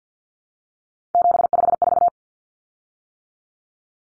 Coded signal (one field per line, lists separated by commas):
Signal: Morse code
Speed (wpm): 50 wpm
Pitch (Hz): 700 Hz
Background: none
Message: 754